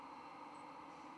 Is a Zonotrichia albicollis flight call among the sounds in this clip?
no